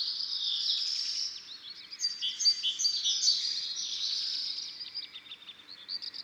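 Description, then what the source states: Black redstart song: rapid, high chirping and scratchy trills, with a busy burst in the middle and softer twitters at the end. Several black redstarts, recorded in Isère, France.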